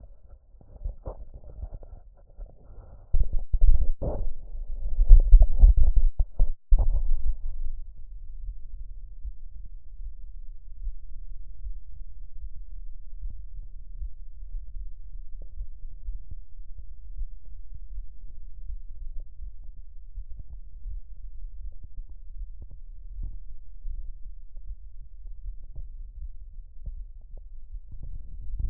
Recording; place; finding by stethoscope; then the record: heart sounds by stethoscope; aortic valve (AV); normal heart sounds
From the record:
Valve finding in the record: aortic regurgitation, grade 0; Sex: female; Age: 80 years